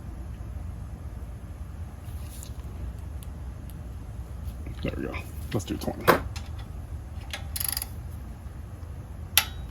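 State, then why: Torque reached. Someone talks while a torque wrench set to 20 ft-lb ratchets a spark plug tighter into the cylinder head of an All Power generator, with a series of short ratcheting clicks. The wrench gives a loud, sharp click at 9.4 s, showing the plug has reached 20 ft-lb after only a little extra tightening.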